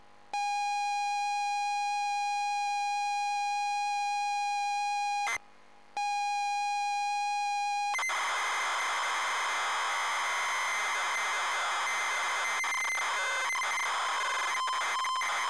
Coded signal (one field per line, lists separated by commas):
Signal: ZX Spectrum tape loading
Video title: Way Of The Exploding Fist: Zx Spectrum (Loading & Gameplay)